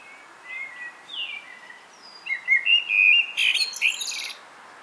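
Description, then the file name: Common blackbird song: soft low warbles building into a louder fluted phrase that ends in a squeaky high twittering flourish. "Turdus merula"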